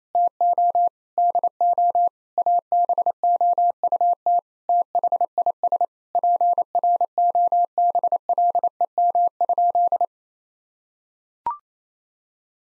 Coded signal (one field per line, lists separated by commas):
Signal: Morse code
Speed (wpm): 28 wpm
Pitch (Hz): 700 Hz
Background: none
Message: TO DO ABOUT THIS PROBLEM?